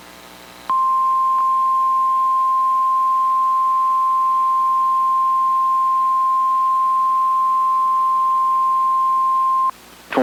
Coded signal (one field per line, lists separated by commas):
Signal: Emergency Alert System (SAME) tones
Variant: 1050 Hz attention tone